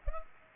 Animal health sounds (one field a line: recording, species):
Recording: mosquito wingbeat signal from an infrared sensor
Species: Culex pipiens